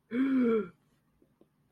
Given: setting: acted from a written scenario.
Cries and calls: vocal sound without words; negative surprise

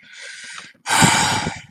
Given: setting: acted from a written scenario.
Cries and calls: vocal sound without words; contempt

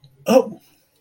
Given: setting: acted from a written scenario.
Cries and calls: vocal sound without words; fear

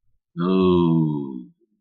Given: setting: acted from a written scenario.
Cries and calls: vocal sound without words; guilt

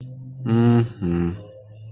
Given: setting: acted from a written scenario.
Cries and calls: vocal sound without words; neutral

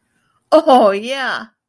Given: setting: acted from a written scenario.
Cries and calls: vocal sound without words; triumph

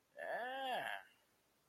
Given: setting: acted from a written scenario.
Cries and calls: vocal sound without words; disgust

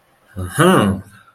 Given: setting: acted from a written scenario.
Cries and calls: vocal sound without words; pride

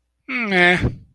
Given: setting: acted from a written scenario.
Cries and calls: vocal sound without words; neutral

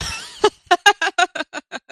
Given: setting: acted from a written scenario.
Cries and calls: vocal sound without words; triumph

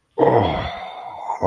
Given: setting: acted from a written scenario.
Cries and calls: vocal sound without words; ecstasy

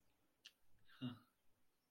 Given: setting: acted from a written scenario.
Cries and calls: vocal sound without words; sympathy

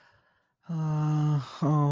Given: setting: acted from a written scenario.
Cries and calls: vocal sound without words; sympathy

